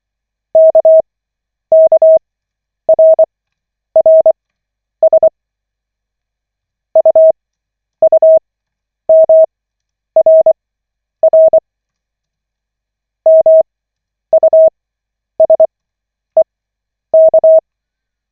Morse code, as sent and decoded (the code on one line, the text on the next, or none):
-.- -.- .-. .-. ... / ..- ..- -- .-. .-. / -- ..- ... . -.-
KKRRS UUMRR MUSEK